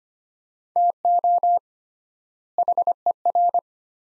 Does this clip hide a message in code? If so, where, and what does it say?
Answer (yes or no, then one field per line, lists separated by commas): yes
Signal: Morse code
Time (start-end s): 0.8-3.6 s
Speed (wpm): 25 wpm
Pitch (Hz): 700 Hz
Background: none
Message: TO HER